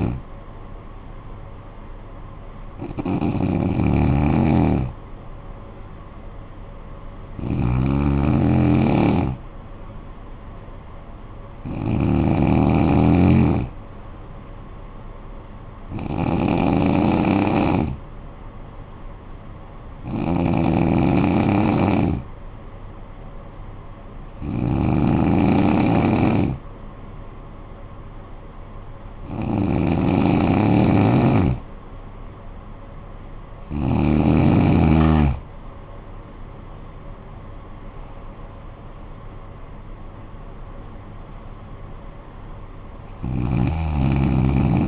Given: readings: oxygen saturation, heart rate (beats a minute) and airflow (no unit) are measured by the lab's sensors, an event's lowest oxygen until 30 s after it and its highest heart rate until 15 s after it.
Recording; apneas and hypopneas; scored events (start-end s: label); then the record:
breathing in sleep by a smartphone at the bedside; 1
19.00-31.80 s: hypopnea (N2, oxygen 93% highest, then 92% lowest, heart rate 55 at the start, 64 highest)
25.00-44.88 s: new sleep stage, N1 (lightest sleep)
From the record:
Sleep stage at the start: N2 (light sleep); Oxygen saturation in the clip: 92 to 94%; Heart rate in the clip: 52 to 64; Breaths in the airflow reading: 10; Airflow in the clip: -9.8 to 10.1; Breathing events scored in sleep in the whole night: 445 in 7.6 hours asleep